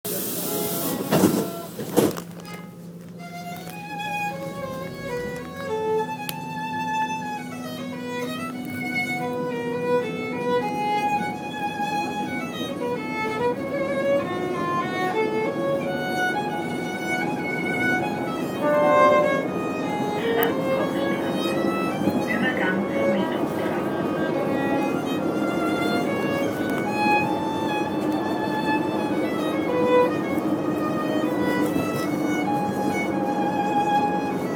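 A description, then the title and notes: A busker plays on an underground train, a held, reedy melody of long notes that shift steadily from about three seconds on. A low, constant rumble from the carriage runs beneath the tune, and a few sharp knocks come in the opening two seconds. Busker on the u6.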